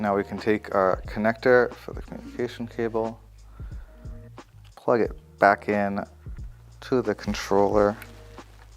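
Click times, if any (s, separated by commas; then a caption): none. Someone talks while a plastic communication cable connector is plugged back into the controller of an Apollo Go e-scooter, with music underneath and brief faint handling knocks near 4.4 and 8.4 seconds. The clip ends before the connector goes home, so nothing has seated or clicked yet.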